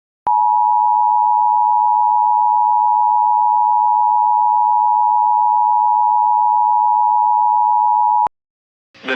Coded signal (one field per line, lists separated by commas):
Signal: Emergency Alert System (SAME) tones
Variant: 853 and 960 Hz attention tone